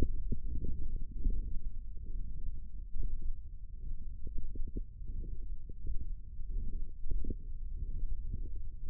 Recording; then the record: forearm muscle sounds (acoustic myography)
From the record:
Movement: thumb flexion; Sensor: system 1, eight BSWA MPA416 microphones around the upper forearm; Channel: 5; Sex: male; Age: 23 years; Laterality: right